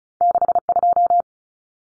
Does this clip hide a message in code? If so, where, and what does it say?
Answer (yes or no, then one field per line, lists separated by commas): yes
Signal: Morse code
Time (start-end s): 0.2-1.2 s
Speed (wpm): 34 wpm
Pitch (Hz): 700 Hz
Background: none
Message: 62